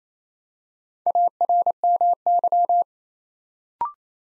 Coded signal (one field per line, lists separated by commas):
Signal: Morse code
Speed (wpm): 28 wpm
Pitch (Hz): 700 Hz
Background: none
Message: ARMY